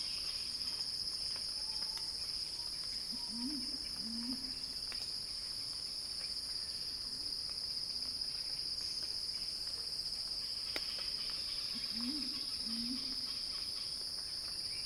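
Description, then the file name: Unbroken high cicada buzzing fills the recording, with two brief bursts of low wavering notes, once early and once late. Cicada recording titled Cicada Crescendo, by Axel Drioli for Earth.fm. "earth-fm Axel-Drioli Cicada-Crescendo-Sounding-Wild"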